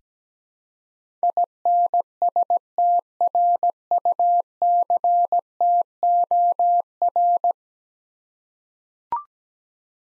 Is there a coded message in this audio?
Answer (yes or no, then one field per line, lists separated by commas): yes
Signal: Morse code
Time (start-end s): 1.2-7.5 s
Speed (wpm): 17 wpm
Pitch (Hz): 700 Hz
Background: none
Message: INSTRUCTOR